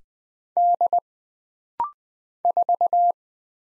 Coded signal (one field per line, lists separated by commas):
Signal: Morse code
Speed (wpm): 20 wpm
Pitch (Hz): 700 Hz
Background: none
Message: D 4